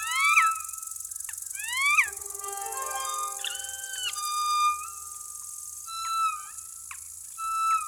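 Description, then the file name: Black woodpecker giving loud, harmonic-rich calls that rise and fall in pitch, several in quick succession with short drawn notes and clipped sharp notes, over a quiet background. "pic noir"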